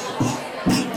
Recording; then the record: coughing mixed with background sound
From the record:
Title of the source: Spring Cold Coughing 3